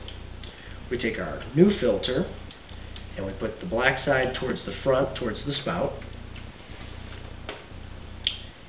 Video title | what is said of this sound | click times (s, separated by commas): Drinkwell Original Fountain Cleaning | and those little hooks that we were showing before on the side of the housing those will snap into place | 0.1 s, 0.4 s